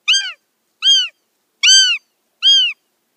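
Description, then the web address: Northern goshawk: four drawn-out, hoarse, nasal wails, the third longest, spaced about eight tenths of a second apart with no other sounds. Female. "Schulze Peter Goshawk female"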